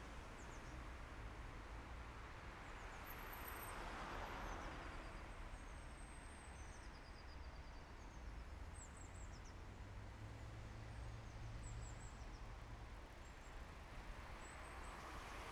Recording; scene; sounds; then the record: everyday scene through a hearing-aid microphone; in traffic; traffic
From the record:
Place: main city hub, rush hour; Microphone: behind the ear, left, front